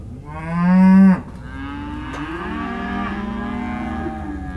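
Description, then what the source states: Cow: cattle mooing: one loud, steady low moo for about a second, then quieter overlapping moos from several animals continuing behind. Cows and calves, several animals, described as disconsolate; recorded in December, on the 19th.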